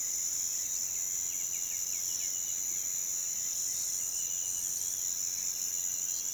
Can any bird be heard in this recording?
no